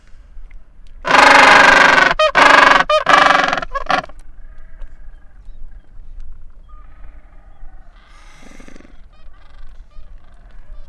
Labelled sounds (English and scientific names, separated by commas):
Gentoo Penguin (Pygoscelis papua) call